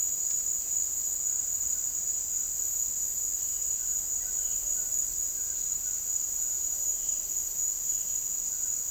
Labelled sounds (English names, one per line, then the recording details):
none
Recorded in dense forest near Puerto Asís, Putumayo, Colombia, on 4 March 2025 at 09:00
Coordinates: 0.499, -76.324
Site GP03